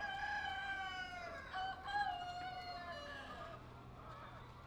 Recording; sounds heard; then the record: poultry house recording; healthy chickens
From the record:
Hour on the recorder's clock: 0